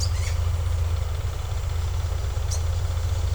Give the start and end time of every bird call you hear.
[0.00, 0.38] bird call (1.7-13.6 kHz)

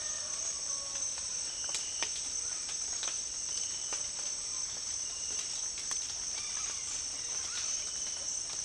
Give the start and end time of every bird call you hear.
[0.00, 1.27] bird call (0.3-2.2 kHz)

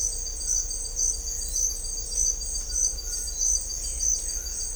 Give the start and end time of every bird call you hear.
[2.65, 3.27] bird call (1.2-2.0 kHz)

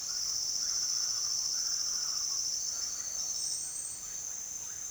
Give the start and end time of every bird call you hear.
[0.00, 3.35] bird call (0.5-2.5 kHz)

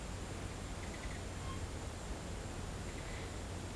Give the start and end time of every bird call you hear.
[0.78, 1.62] bird call (0.6-3.7 kHz)
[2.81, 3.29] bird call (1.1-2.9 kHz)

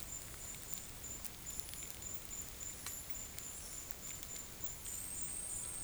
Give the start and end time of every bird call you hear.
[0.18, 5.77] bird call (8.9-11.8 kHz)

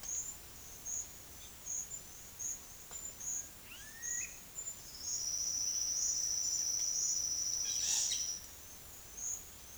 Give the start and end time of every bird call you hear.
[3.61, 4.41] bird call (1.2-4.4 kHz)
[7.61, 8.26] bird call (0.9-6.8 kHz)

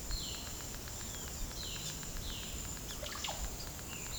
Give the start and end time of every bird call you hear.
[0.07, 4.18] bird call (0.1-9.9 kHz)

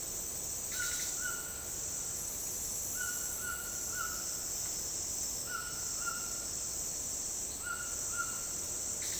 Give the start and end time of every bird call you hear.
[0.74, 1.63] bird call (1.1-3.6 kHz)
[2.94, 4.39] bird call (0.8-3.3 kHz)
[5.37, 6.50] bird call (0.7-3.6 kHz)
[7.55, 8.72] bird call (0.8-3.3 kHz)

